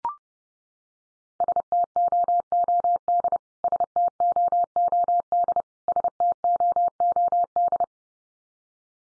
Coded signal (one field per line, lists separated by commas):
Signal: Morse code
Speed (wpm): 30 wpm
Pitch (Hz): 700 Hz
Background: none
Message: STOOD STOOD STOOD